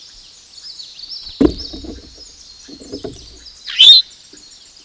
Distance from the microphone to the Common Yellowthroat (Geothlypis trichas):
about 20 m